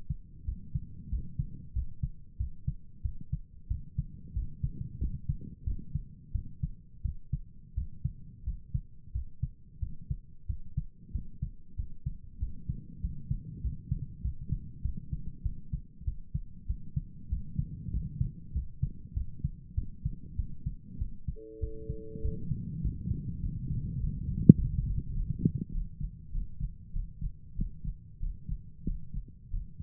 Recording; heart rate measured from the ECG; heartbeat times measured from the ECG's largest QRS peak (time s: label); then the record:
heart sounds by stethoscope; 95 bpm
0.45 s: heartbeat
1.09 s: heartbeat
1.73 s: heartbeat
2.37 s: heartbeat
3.02 s: heartbeat
3.67 s: heartbeat
4.33 s: heartbeat
4.98 s: heartbeat
5.64 s: heartbeat
6.32 s: heartbeat
7.02 s: heartbeat
7.74 s: heartbeat
8.43 s: heartbeat
9.12 s: heartbeat
9.79 s: heartbeat
10.46 s: heartbeat
11.11 s: heartbeat
11.75 s: heartbeat
12.38 s: heartbeat
13.00 s: heartbeat
13.61 s: heartbeat
14.21 s: heartbeat
14.81 s: heartbeat
15.42 s: heartbeat
16.04 s: heartbeat
16.66 s: heartbeat
17.29 s: heartbeat
17.90 s: heartbeat
18.52 s: heartbeat
19.13 s: heartbeat
19.74 s: heartbeat
20.36 s: heartbeat
20.98 s: heartbeat
21.59 s: heartbeat
22.21 s: heartbeat
22.81 s: heartbeat
23.40 s: heartbeat
23.98 s: heartbeat
24.56 s: heartbeat
25.13 s: heartbeat
25.71 s: heartbeat
26.31 s: heartbeat
26.92 s: heartbeat
27.55 s: heartbeat
28.19 s: heartbeat
28.84 s: heartbeat
29.50 s: heartbeat
From the record:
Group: healthy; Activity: rest 0-23 s, breath hold 23-30 s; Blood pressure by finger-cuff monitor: 101/69 mmHg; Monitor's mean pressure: 81 mmHg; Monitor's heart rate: 97 bpm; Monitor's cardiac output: 7.6 L/min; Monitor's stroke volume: 79 mL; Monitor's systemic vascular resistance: 770 dyn s/cm5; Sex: male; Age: 19 years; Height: 178 cm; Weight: 83 kg